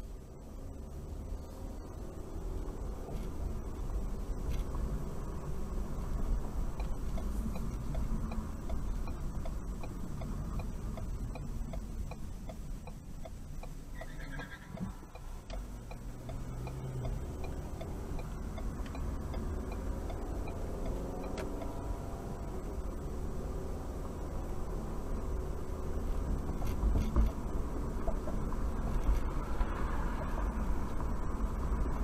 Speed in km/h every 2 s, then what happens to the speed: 0, 0, 0, 0, 0, 0, 0, 0, 0, 0, 0, 0, 0, 0, 0, 56.
0-28 standing. 28-30 pulls away to 56.